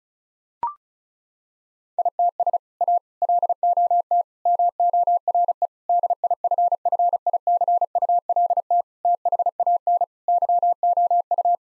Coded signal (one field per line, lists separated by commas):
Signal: Morse code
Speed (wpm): 36 wpm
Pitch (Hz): 700 Hz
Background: none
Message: ITS A LOT MORE DIFFICULT THAN YOU